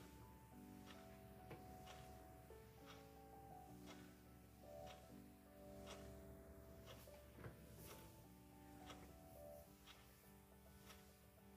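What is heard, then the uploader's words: Lofi K-pop instrumental music with soft sustained chords that shift every second or so, over a low steady hum. Crisp ticks land at a regular pace throughout, like a ticking clock, holding an even level from start to finish. Ticking clock, keyboard, lofi music, kpop instr.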